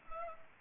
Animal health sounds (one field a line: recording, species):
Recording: mosquito wingbeat signal from an infrared sensor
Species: Culex pipiens